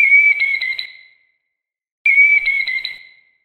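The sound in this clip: Killdeer call: a loud high whistled note trailing into a few quick stuttering pulses, given twice about two seconds apart, in silence.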